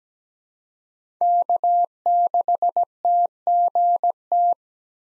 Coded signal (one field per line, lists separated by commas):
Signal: Morse code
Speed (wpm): 17 wpm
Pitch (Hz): 700 Hz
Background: none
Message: K6TGT